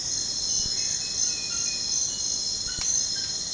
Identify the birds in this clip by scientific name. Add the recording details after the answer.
none. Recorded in dense forest near Puerto Asís, Putumayo, Colombia, on 18 February 2024 at 04:30. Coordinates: 0.472, -76.329. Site G6394